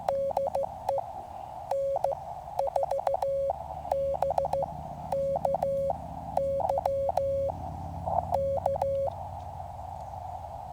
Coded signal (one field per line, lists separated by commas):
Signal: Morse code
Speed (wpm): 15 wpm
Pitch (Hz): 550 Hz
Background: none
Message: DE N4BKY K